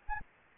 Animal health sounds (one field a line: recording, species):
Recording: mosquito wingbeat signal from an infrared sensor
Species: Anopheles arabiensis